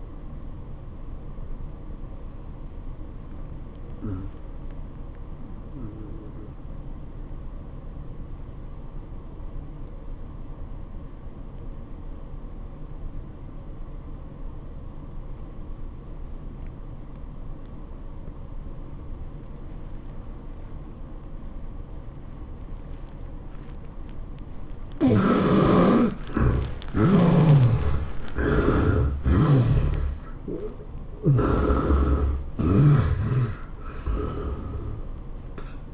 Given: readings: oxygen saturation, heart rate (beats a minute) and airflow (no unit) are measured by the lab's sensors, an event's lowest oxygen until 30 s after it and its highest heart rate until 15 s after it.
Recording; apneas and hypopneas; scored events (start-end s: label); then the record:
breathing in sleep by a smartphone at the bedside; 1
8.00-24.30 s: obstructive apnea (N1, oxygen 94% highest, then 71% lowest, heart rate 89 at the start, 104 highest)
26.00-35.94 s: new sleep stage, awake
28.00-35.94 s: awake
From the record:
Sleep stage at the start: N1 (lightest sleep); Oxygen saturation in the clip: 69 to 94%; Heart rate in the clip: 78 to 103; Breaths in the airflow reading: 4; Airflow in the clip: -12.4 to 12.4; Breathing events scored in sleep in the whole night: 403 in 5.5 hours asleep